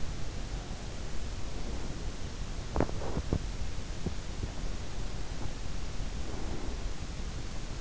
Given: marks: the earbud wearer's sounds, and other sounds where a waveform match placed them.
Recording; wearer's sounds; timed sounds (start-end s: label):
sounds in sleep by an in-ear microphone; breath, teeth grinding
0.41-2.42 s: breath
2.02-5.68 s: teeth grinding
5.82-7.81 s: breath